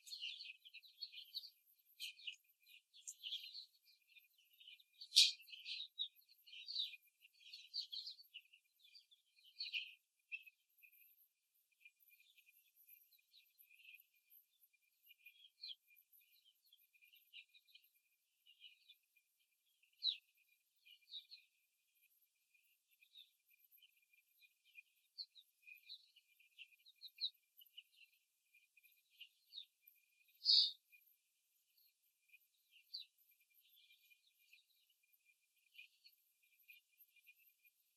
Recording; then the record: young laying hens in a cage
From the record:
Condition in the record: after the stressor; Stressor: simulated dog barking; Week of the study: 3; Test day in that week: 2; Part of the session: 1